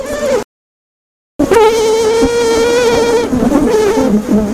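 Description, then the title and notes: Honey bees making a loud buzzing hum with many overtones, after a short silent break near the start. Bee colony under attack by giant hornets. "Lyd fra bier når kolonien ble angrepet av kjempeveps. by forskningno"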